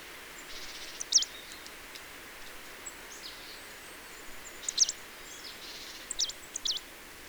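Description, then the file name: Marsh tit giving clipped high notes in short clusters, with quiet gaps between groups and a light background hiss. "Poecile palustris"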